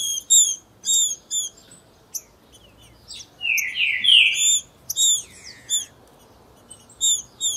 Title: A MELHOR FÊ MEA DE TRINCA FERRO MACHEANDO QUE JÁ VI!! TRINCA FERRO CHIQUINHA NA TEMPORADA